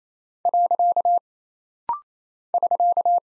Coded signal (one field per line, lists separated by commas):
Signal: Morse code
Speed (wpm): 27 wpm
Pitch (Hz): 700 Hz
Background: none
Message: . <SK>